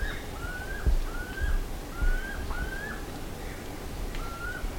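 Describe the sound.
Bird calls: five whistled notes, each ending in a downward hook, with soft low thumps in the background.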